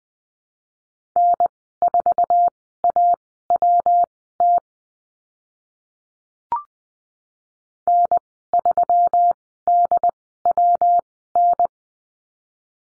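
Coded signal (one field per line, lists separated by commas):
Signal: Morse code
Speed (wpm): 20 wpm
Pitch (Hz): 700 Hz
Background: none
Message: N4AWT N3DWN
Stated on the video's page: Morse code course lesson on call signs, Farnsworth speed 20/10 wpm.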